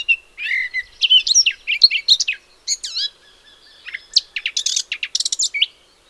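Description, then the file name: Eurasian blackcap warble of mixed scratchy and fluty notes, pausing briefly midway before a sharper burst of rapid chips and whistles. "Sylvia atricapilla"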